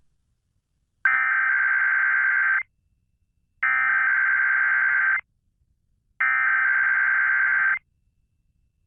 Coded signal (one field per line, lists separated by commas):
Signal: Emergency Alert System (SAME) tones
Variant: header bursts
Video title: KDKA Required Weekly Test (December 4, 2022) (EAS #694)